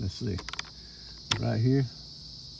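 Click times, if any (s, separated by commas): none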